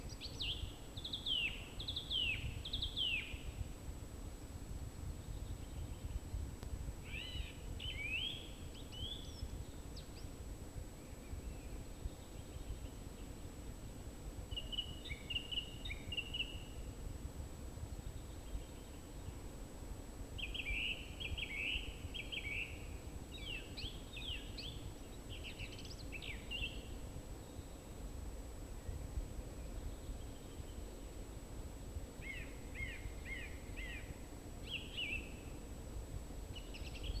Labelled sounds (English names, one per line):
Song Thrush song